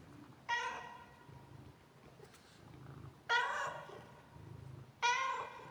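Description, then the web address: Domestic cat meowing: three loud, harmonic meows a few seconds apart, with a soft low rumble in between. "cat meowing funny"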